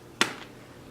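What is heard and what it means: A twisted plastic/metal zipper pull is pushed into the built-in lock slot on a hard-sided Away carry-on suitcase. A single sharp click sounds at 0.2 s with a brief decay against a quiet background, and the pull snaps in and seats in the lock.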